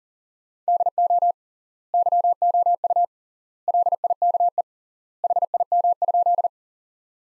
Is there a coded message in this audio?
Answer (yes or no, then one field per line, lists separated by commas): yes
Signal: Morse code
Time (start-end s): 0.7-6.5 s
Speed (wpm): 40 wpm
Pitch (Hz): 700 Hz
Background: none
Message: DO YOU LIKE HIM?